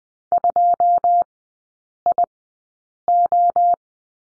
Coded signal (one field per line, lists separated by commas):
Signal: Morse code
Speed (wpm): 20 wpm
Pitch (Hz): 700 Hz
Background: none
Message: 2IO